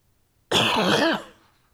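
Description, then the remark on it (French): A single harsh, throaty cough bursts out suddenly and rasps for under a second before trailing off, heard on its own with no talking around it. “Pardon, j'ai toussé.”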